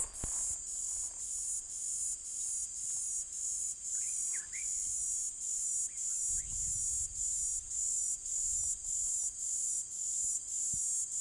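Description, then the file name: P. divisa call: a loud, steady high buzz pulsing roughly twice a second throughout, with faint bird chirps around four seconds. Near Harrismith. "P divisa nr Harrismith"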